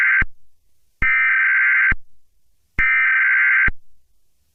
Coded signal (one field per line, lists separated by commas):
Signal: Emergency Alert System (SAME) tones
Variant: header bursts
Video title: EAS Scenario #26: BEES!